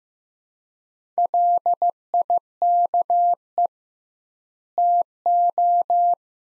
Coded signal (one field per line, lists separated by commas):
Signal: Morse code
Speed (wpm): 15 wpm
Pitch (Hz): 700 Hz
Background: none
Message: LIKE TO